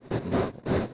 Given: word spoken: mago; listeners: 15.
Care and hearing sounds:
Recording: one Spanish word in noise, from a listening test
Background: noise modulated by one talker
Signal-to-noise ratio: -7.1 dB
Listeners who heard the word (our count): 2 of 15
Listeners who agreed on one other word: 7 of 15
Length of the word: 0.54 s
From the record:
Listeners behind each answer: 7, 2, 1, 1, 1, 1, 1, 1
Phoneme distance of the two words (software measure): 24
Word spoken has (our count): 2 syllables, 4 phonemes, stress on syllable 1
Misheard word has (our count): 1 syllable, 2 phonemes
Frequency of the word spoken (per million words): 8.18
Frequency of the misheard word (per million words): 9606.18

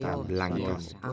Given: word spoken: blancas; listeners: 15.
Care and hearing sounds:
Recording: one Spanish word in noise, from a listening test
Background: four-talker babble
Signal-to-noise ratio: 0.4 dB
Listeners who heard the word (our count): 4 of 15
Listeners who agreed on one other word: 8 of 15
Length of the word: 0.73 s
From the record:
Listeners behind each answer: 8, 4, 2, 1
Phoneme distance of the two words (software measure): 7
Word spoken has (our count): 2 syllables, 7 phonemes, stress on syllable 1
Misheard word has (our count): 2 syllables, 6 phonemes, stress on syllable 1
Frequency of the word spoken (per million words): 30.54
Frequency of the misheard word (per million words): 92.16

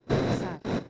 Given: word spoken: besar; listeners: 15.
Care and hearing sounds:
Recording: one Spanish word in noise, from a listening test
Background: noise modulated by one talker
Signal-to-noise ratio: -12.1 dB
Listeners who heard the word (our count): 0 of 15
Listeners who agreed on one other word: 9 of 15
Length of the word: 0.49 s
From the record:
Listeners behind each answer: 9, 2, 1, 1, 1, 1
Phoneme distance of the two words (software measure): 17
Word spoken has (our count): 2 syllables, 5 phonemes, stress on syllable 2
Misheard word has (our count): 2 syllables, 6 phonemes, stress on syllable 2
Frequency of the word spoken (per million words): 5.02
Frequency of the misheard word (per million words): 136.86

